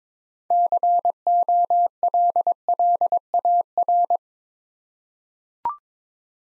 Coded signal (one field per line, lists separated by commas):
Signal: Morse code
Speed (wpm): 22 wpm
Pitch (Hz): 700 Hz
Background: none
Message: COLLAR